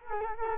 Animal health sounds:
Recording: mosquito wingbeat signal from an infrared sensor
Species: Culex quinquefasciatus

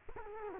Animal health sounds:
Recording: mosquito wingbeat signal from an infrared sensor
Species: Culex quinquefasciatus

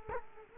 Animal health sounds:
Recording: mosquito wingbeat signal from an infrared sensor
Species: Culex quinquefasciatus

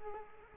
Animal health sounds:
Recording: mosquito wingbeat signal from an infrared sensor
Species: Culex quinquefasciatus

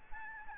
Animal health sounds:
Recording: mosquito wingbeat signal from an infrared sensor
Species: Aedes albopictus

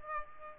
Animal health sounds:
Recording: mosquito wingbeat signal from an infrared sensor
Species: Aedes aegypti

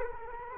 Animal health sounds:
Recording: mosquito wingbeat signal from an infrared sensor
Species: Culex quinquefasciatus

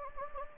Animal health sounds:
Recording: mosquito wingbeat signal from an infrared sensor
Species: Anopheles gambiae

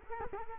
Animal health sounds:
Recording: mosquito wingbeat signal from an infrared sensor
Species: Culex quinquefasciatus

